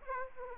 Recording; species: mosquito wingbeat signal from an infrared sensor; Aedes aegypti